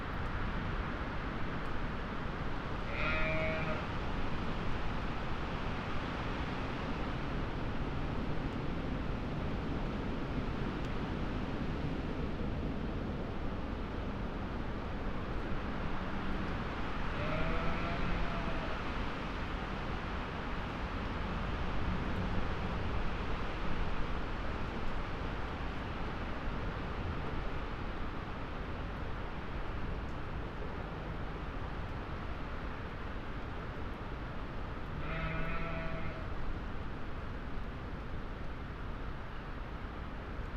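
Winter gales roar through a moorland forest in a dense, unbroken rush of wind that stays at a steady level throughout. Three short bleating calls, likely sheep, cut through the roar around 3, 17 and 35 seconds.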